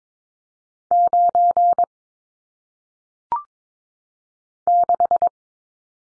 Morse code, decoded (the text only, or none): 9 6